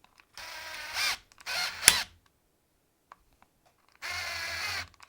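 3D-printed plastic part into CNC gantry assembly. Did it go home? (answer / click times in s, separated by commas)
yes / 1.9 s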